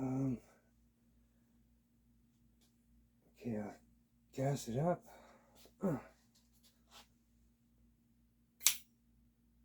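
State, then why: Seated. Someone talks while a Mercury Rise TR50 HPA air marker, fitted with a new O-ring and no restrictor, is gassed up to 800 PSI and cocked. Its bolt catches on the sear with one sharp click at 8.7 s, so the bolt is caught and the marker is ready to fire.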